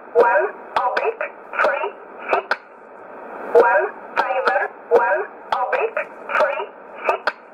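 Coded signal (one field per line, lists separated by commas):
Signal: numbers station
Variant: E11 Oblique, English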